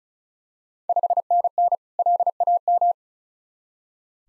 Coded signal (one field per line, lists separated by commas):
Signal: Morse code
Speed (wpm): 36 wpm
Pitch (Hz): 700 Hz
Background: none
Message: 5NN LAM